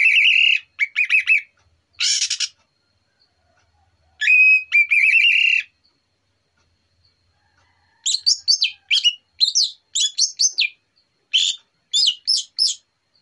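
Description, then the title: Orange-headed thrush song in separate bursts: strong whistled phrases and harsh, scratchy rattles, followed by a rapid run of varied, high, chattering notes. Morning song of an Orange-headed thrush used as a lure recording. "Pancingan Anis Merah Plong Santai Pagi Hari"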